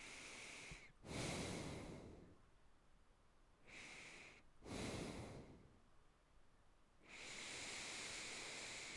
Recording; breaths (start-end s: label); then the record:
nose breathing near a microphone
0.00-0.94 s: inhalation
0.94-2.26 s: exhalation
3.63-4.56 s: inhalation
4.56-5.35 s: exhalation
7.00-8.97 s: inhalation
From the record:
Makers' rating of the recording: good